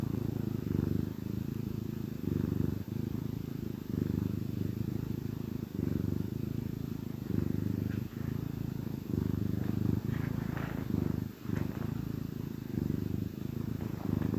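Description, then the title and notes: Cat purr, a steady deep rumble running almost continuously, broken by brief dips. Gentle purrs of a contented cat. "Cat Cafe Purr-Finale. the gentle purrs of a contented cat"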